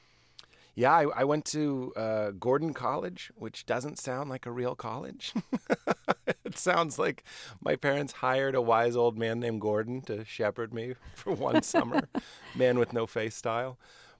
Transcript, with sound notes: Yeah. I went to Gordon College, which doesn't sound like a real college (laughter). It sounds like my parents hired a wise, old man named Gordon to shepherd me for one summer...
(Laughter).
...Man with no face style.